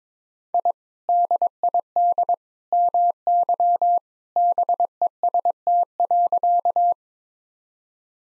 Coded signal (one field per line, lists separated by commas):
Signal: Morse code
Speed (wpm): 22 wpm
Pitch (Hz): 700 Hz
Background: none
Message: I DID MY BEST.